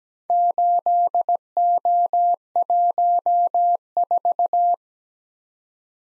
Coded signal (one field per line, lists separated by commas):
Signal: Morse code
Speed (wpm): 17 wpm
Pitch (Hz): 700 Hz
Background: none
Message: 8O14